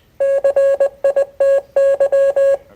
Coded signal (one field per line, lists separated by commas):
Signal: Morse code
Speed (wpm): 20 wpm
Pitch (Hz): 550 Hz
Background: none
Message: CITY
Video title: 2023 July RCARCS Meeting - Field Day Report & Visit to Arecibo Observatory